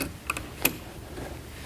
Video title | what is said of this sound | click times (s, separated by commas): LC-576 and LC-525 Lift Chair Assembly | you hear the click your cotter pin now is in place and your motor is secure | 0.3 s, 0.7 s